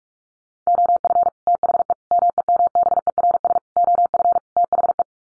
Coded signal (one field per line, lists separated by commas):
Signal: Morse code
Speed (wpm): 44 wpm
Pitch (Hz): 700 Hz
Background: none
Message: OF THE MEMBERS OF THE